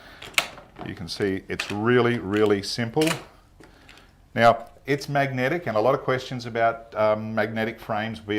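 A small release tool pops a removable magnetic clamp off a 240 square embroidery hoop frame, giving a sharp click at 0.4 s. The clamp comes free, and someone then talks.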